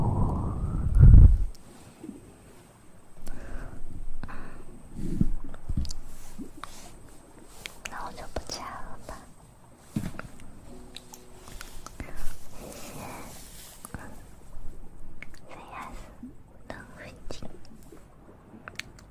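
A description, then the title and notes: Mouth sounds: a loud low thump near the start, then a long run of small wet clicks, smacks and soft breathy bursts. The sounds come irregularly, several per second, some low and some bright and hissy, fading slightly toward the end. ASMR Best Mouth Sounds.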